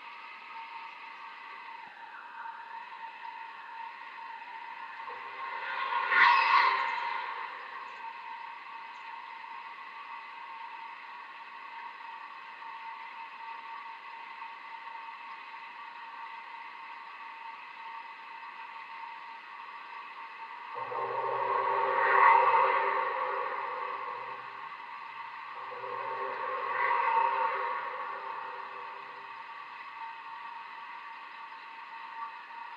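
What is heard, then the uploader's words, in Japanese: A bridge handrail hums with a steady, ringing drone made of several stacked tones, present throughout. Around 6 seconds, 22 seconds and 27 seconds the vibration swells louder with a deeper rumble beneath, as if something heavy passes, then settles back to the constant hum. 振動音を拾えるマイクを使って、橋の手すりの振動音をレコーディングしてみました。今回訪れたのは多摩川の支流「野川」にかかる「中之橋」。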